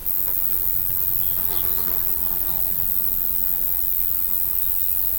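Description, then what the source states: Bee buzzing, a low droning hum under a steady high hiss. Bees buzzing with flies around a field gate beside long-grass field margins, late summer warmth spilling into autumn, overnight dew lingering in shadows, before the first frost.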